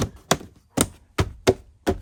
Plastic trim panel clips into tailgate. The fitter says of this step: and uh this just snaps back into place here. Just